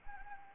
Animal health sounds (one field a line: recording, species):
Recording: mosquito wingbeat signal from an infrared sensor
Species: Anopheles arabiensis